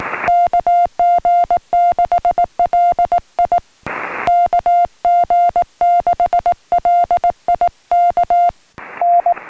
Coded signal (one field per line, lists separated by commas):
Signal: Morse code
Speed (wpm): 19 wpm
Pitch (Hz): 700 Hz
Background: music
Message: KG6LI KG6LI K N